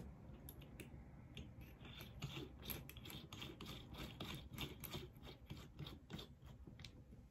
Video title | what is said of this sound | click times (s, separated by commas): HOW TO USE A DRILL | you hear the click | 4.2 s, 4.8 s, 6.8 s